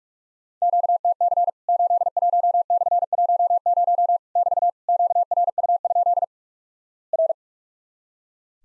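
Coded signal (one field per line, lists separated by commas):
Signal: Morse code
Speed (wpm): 44 wpm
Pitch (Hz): 700 Hz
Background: none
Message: QTC 81/10 <BT> QRU? R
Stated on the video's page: Practice recreation of Worked All Europe DX Contest CW QTC exchanges at 45 wpm, each sent in Morse, spoken, then repeated.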